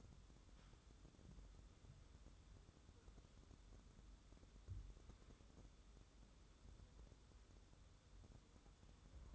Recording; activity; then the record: daily activity, microphone in the room; wipe stove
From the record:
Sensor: 3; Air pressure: 1015.1 hPa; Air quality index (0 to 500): 60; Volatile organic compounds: 1 ppm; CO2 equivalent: 776 ppm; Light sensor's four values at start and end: 15/39/15/16 and 15/39/15/16